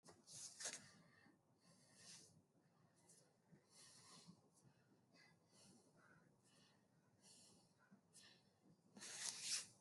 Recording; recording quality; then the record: shallow breathing; excellent, no background noise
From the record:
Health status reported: healthy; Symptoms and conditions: none ticked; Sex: male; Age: 33 years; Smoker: not ticked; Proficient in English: yes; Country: India